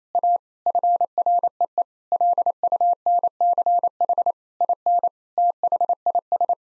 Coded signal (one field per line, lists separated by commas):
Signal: Morse code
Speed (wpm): 27 wpm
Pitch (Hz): 700 Hz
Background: none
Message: A FREE LUNCH IN THIS